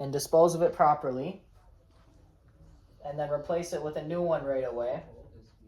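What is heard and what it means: A disposable inner cannula for a tracheostomy tube is being handled while someone talks, with a quiet pause between two stretches of speech. The cannula has not yet been locked into the tracheostomy tube, and nothing has seated or clicked.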